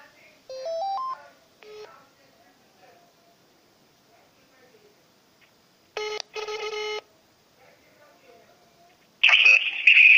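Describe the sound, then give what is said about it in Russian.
A quick rising run of electronic beeps, then two short buzzy bursts of a phone ringing tone, with a louder, harsher ringing burst at the end. Faint muffled sounds fill the gaps. “Мешаю я ему, блядь, звонки идут.”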